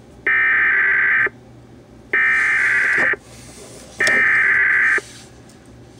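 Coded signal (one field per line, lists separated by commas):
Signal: Emergency Alert System (SAME) tones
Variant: header bursts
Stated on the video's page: Winter storm warning relayed from NOAA Weather Radio by FM station WIFT 102.1 DuBois.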